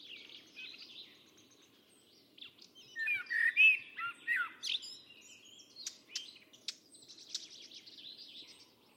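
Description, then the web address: Bird song, a varied run of high chirps, slurred whistles and sharp clicks in irregular bursts, with a faint low hum throughout. "Deverinetal 2025. Bird Only"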